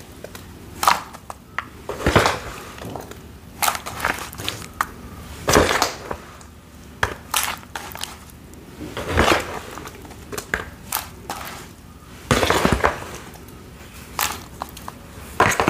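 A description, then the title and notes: Gym chalk blocks are crushed into a bowl of water, giving sharp crunchy bursts at irregular moments, near 2, 5.5, 9 and 12.5 seconds. Softer scraping and small crackles fill the gaps, with a faint low hum underneath. Dyed gym chalk blocks being crushing into a bowl of water. Loud crunchy sounds, crushing gym chalk, water sounds.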